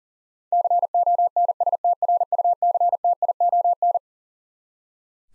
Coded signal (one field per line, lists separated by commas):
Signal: Morse code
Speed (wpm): 40 wpm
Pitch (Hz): 700 Hz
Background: none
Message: CONSTRUCTION